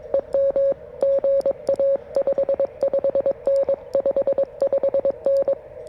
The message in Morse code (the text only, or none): EM GA 55N 55N